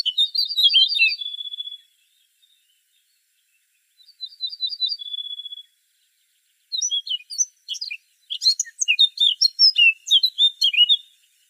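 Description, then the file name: Eurasian blackcap song: a warble ending in a clear whistled trill, a similar fluting phrase after a pause, then a long scratchy, chattering sequence. "Sylvia atricapilla"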